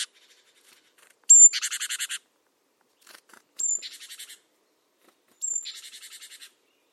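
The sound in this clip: Great tit call, a high whistled note followed by a buzzy, slightly fading rattle, repeated three times.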